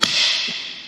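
A curved wing root panel on a full-size homebuilt Sopwith Camel aircraft, flexed inside out to concave, is snapped back over centre into the wing root. It gives a sharp click at 0.0 s, followed by a bright, hissy ringing that slowly fades. The panel is seated back in place.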